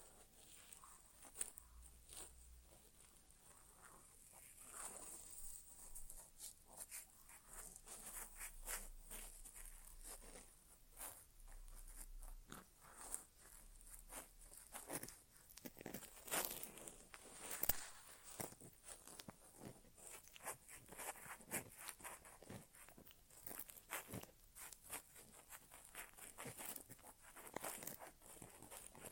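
An ASMR inner ear exam without talking, made of dense, crackly scratching and rustling that runs the whole time. Quick irregular clicks and crunchy pops cluster in bursts, brighter and louder around the middle and toward the end, over a soft low hum.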